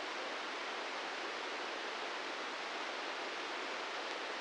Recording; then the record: brain microelectrode recording played as sound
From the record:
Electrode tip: inside the subthalamic nucleus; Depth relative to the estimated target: -4 mm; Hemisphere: left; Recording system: NeuroSet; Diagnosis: Parkinson's disease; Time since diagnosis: 13 years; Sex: male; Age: 66 years